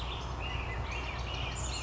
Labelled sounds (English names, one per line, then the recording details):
Black-headed Grosbeak
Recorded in Sonoma County, California